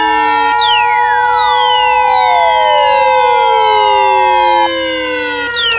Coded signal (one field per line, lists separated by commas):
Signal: Emergency Alert System (SAME) tones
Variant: 853 and 960 Hz attention tone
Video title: (EAS Scenario) Blaiseing Entrapment